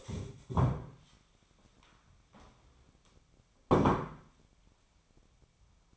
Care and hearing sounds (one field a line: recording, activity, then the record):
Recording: daily activity, microphone in the room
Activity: stand up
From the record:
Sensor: 1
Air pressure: 1015.3 hPa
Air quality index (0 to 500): 154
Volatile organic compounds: 9 ppm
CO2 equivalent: 2134 ppm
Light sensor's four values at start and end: 12/29/12/13 and 12/29/12/13